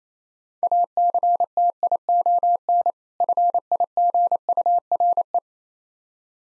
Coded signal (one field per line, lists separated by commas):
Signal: Morse code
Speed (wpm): 28 wpm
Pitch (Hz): 700 Hz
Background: none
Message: ACTION FIGURE